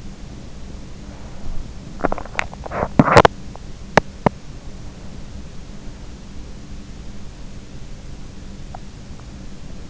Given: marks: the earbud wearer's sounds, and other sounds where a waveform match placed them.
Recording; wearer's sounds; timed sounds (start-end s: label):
sounds in sleep by an in-ear microphone; breath, teeth grinding
0.00-2.00 s: breath
2.00-4.59 s: teeth grinding